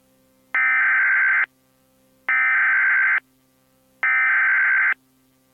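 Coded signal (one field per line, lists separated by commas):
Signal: Emergency Alert System (SAME) tones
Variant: header bursts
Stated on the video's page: Fictional mock civil emergency message based on a Maryland EAS plan example, recreated with period-accurate text-to-speech voice and VHS effect; never broadcast.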